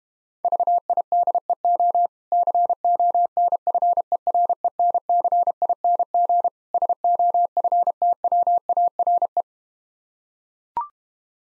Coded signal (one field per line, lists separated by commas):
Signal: Morse code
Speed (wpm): 32 wpm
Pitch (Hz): 700 Hz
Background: none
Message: VIDEO CONFERENCING SOFTWARE